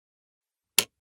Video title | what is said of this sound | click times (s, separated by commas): Vivo 2-3 How to use the Humidifier (US) | Push until you hear a firm click. | 0.8 s